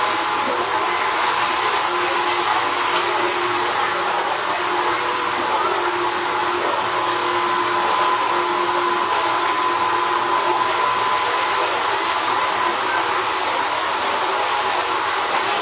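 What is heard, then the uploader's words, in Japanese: Steady, dense roar of an Izuhakone Railway 3000 series steel-bodied train running between Shuzenji and Mishima, with constant hiss and rumble at an even level throughout. A faint, broken tone hovers in the low middle from about two to eleven seconds, joined by a thin high whine later. 伊豆箱根鉄道3000系(鋼製車) 修善寺〜三島。車体は20ｍ級3扉車。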